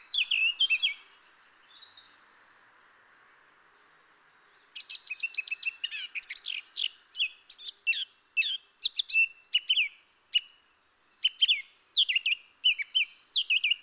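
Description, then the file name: Eurasian blackcap song: a brief warbled opening, a pause, then a long lively run of varied chattering and whistled notes. "Sylvia atricapilla"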